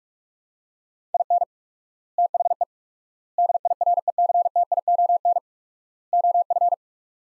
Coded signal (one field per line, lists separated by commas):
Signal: Morse code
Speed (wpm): 41 wpm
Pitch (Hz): 700 Hz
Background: none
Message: IN THE DIRECTION OF